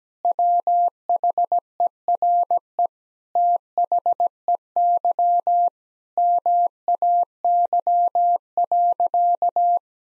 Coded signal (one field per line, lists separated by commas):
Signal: Morse code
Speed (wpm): 17 wpm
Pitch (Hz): 700 Hz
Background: none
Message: WHERE THEY MAY.